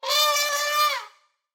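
Elephant trumpeting in a single harsh, brassy blast lasting about a second, held steady and then fading out.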